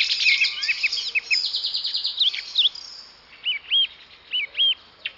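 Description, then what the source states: Bird song: a dense burst of high twittering and chirps, then clear whistled notes in pairs. Morning birdsong.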